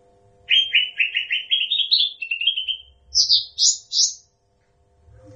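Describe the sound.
Bird song of a rapid chirped series slowly rising in pitch, followed by three loud high buzzy notes, with a steady faint hum underneath.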